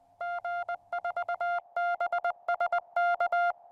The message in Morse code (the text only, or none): G4BSK